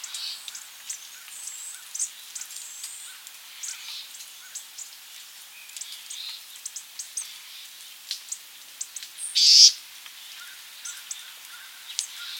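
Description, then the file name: American bushtit calls: thin, high, scattered notes throughout, with one louder note late on. "Psaltriparus minimus - American Bushtit"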